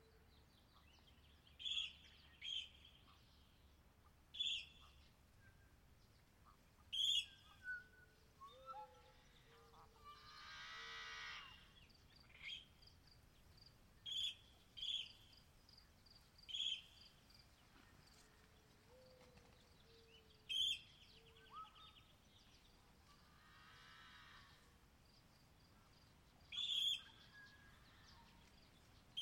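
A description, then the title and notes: Yellow-headed blackbirds call across a marsh in the morning, with sharp, bright clicks and chucks every few seconds. Around ten seconds and again near twenty-four, a buzzing, raspy song swells and fades, while softer whistles drift in against a quiet, low background hum. Yellow-Headed Blackbirds at Morning At Columbia National Wildlife Refuge. Near the main entrance I found a marsh that is popular with Yellow-Headed Blackbirds. The females stay out-of-sight in the reeds with the young, but they create such a loud chatter.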